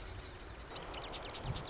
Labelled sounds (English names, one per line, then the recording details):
Marsh Wren
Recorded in Sonoma County, California